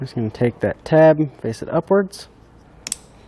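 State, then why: Seated. A Curt T-connector trailer wiring harness plug, from the side with the yellow wire, is turned tab-up and pushed into the factory taillight wiring connector of a 2020 Nissan Rogue Sport; both connectors are plastic. Someone talks for the first two seconds. After a quiet stretch, two sharp clicks at 2.9 s and 2.9 s mark the connector latching and seating.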